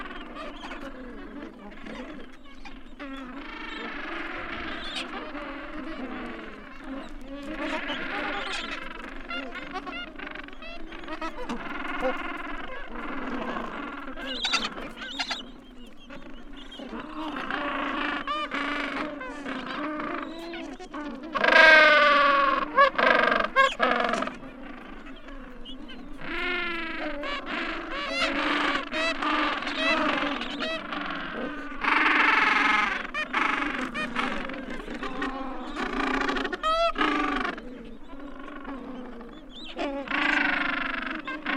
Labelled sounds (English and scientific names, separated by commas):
Gentoo Penguin (Pygoscelis papua) call